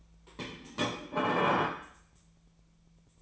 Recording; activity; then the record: daily activity, microphone in the room; place plate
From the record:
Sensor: 1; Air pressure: 1009.4 hPa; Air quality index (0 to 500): 195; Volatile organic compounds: 19 ppm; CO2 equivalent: 2668 ppm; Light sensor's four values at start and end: 27/69/28/34 and 27/68/28/33